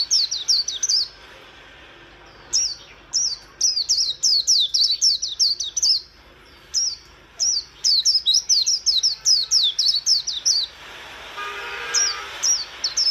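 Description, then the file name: White-eye singing a quick, high, chattering warble of falling slurred notes in repeated phrases, with a brief soft rushing noise near the end. "Zosterops"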